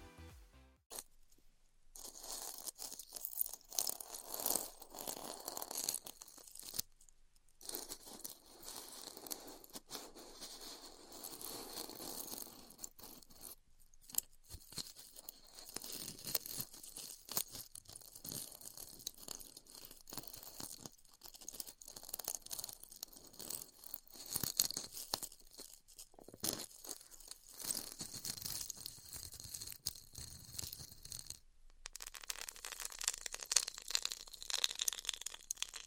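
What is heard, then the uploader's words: Styrofoam being heat cut, a dense, continuous bright crackling and tearing hiss with brief silent gaps near 1, 7, 14 and 31 seconds. ASMR Styrofoam Heat Cutting (No Talking).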